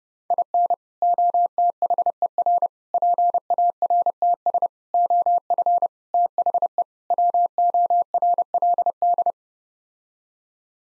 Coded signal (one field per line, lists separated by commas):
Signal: Morse code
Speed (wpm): 30 wpm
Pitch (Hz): 700 Hz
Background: none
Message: IN OTHER PARTS OF THE WORLD